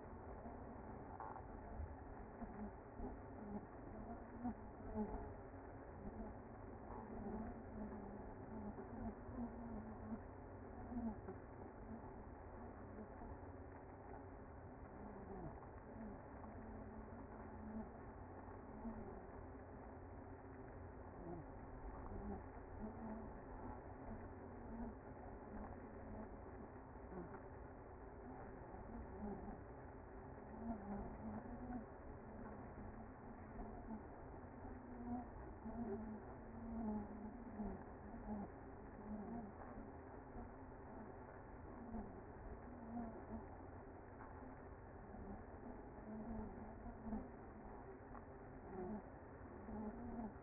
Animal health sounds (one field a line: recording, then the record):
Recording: honeybee colony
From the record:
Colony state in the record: active